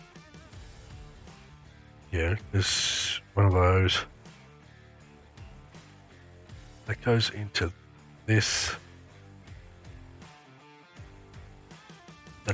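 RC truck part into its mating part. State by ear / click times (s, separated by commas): not seated / none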